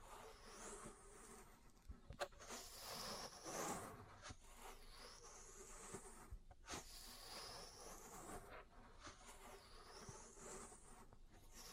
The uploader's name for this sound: Ear Cleaning, Massage, Cupping, Tapping